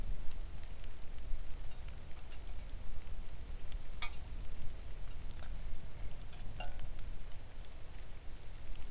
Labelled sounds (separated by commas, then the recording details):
rain
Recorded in the Arctic National Wildlife Refuge, Alaska, on 3 August 2019 at 05:49
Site 41